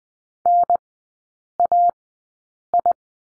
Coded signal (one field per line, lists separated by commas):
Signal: Morse code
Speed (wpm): 20 wpm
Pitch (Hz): 700 Hz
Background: none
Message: N A I